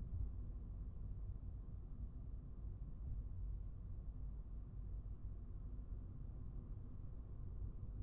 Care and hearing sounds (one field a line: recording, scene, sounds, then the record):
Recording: everyday scene through a hearing-aid microphone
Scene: in a vehicle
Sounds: engine, highway driving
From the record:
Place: Skoda Fabia, gasoline engine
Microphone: behind the ear, right, front